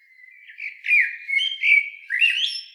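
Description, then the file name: Eurasian blackbird song phrase of rich flowing whistles rising and falling, ending in a higher squeaky flourish. "Turdus merula"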